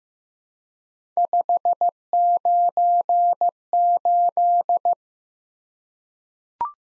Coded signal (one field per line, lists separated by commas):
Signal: Morse code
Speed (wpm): 15 wpm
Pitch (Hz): 700 Hz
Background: none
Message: 598